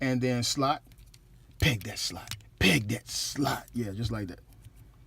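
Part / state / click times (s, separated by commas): plastic slide piece on a transforming robot figure / not seated / none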